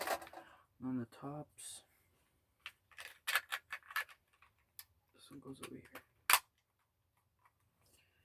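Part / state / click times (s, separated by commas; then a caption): plastic thumbstick top onto game controller stick / not seated / none. A plastic thumbstick top is handled and pushed toward a game controller thumbstick while someone talks, with short light plastic taps and handling noises scattered through the clip. Nothing has clicked or seated yet; the top is not yet home on the stick.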